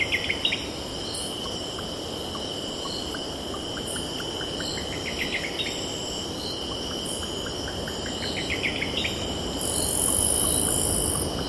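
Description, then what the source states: Cicada: constant shrill insect drone from cicadas, with high pulsing overtones. A bird calls with upward-stepping note runs. Low surf rumbles beneath, and a louder hiss rises near the end. Cicadas stridulating, with birds calling and distant ocean in the background.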